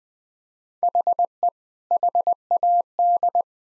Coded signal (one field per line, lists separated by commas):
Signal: Morse code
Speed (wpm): 20 wpm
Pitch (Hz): 700 Hz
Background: none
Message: HE HAD